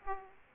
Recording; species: mosquito wingbeat signal from an infrared sensor; Aedes aegypti